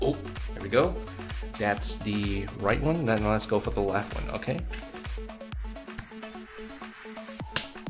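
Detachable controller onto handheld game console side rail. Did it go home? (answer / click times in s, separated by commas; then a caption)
yes / 7.6 s. A left detachable controller is slid down the side rail of a Nintendo Switch handheld console while music plays and someone talks. It seats with only a soft click at 7.6 seconds, quieter than the loud click expected, though the fit feels good.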